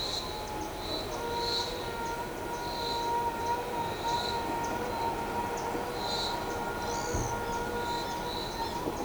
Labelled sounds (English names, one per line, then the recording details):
none
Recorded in shrubland near Pivijay, Magdalena, Colombia, on 14 April 2023 at 14:00
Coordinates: 10.453, -74.365
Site P5-G022